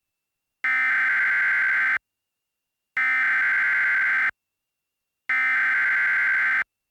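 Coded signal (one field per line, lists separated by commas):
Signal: Emergency Alert System (SAME) tones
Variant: header bursts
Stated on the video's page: EAS mock, a simulated alert, not a real transmission.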